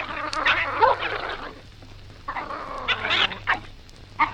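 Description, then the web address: Dog snarls and growls in rough, harsh bursts, a long noisy flurry followed by shorter snapping outbursts, sounding like an aggressive scuffle. Dog fight; breed unknown. "Sound Effects-BBC Dog"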